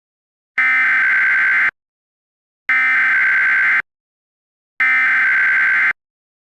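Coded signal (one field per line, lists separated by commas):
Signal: Emergency Alert System (SAME) tones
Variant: header bursts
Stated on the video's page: Recreation of a real tornado emergency alert; SAME headers and attention tone generated with EAS Encoder software, mixed in audio software.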